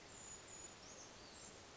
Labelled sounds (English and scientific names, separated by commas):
Brown Creeper (Certhia americana)